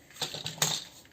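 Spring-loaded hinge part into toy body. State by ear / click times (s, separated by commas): seated / 0.6 s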